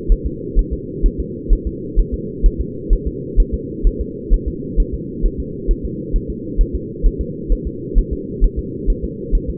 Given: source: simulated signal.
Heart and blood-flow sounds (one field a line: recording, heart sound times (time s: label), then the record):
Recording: fetal heart sounds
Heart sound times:
0.12 s: S1
0.26 s: S2
0.59 s: S1
0.73 s: S2
1.06 s: S1
1.20 s: S2
1.53 s: S1
1.67 s: S2
1.99 s: S1
2.14 s: S2
2.46 s: S1
2.61 s: S2
2.93 s: S1
3.07 s: S2
3.40 s: S1
3.54 s: S2
3.87 s: S1
4.01 s: S2
4.34 s: S1
4.48 s: S2
4.80 s: S1
4.94 s: S2
5.26 s: S1
5.40 s: S2
5.71 s: S1
5.85 s: S2
6.16 s: S1
6.30 s: S2
6.61 s: S1
6.75 s: S2
7.06 s: S1
7.21 s: S2
7.52 s: S1
7.67 s: S2
7.98 s: S1
8.13 s: S2
8.44 s: S1
8.59 s: S2
8.90 s: S1
9.04 s: S2
9.35 s: S1
9.50 s: S2
From the record:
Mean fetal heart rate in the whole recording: 130 bpm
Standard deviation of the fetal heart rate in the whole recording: 2 bpm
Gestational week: 38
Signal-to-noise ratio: -4.1 dB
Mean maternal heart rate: no maternal heart sound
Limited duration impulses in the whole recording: absent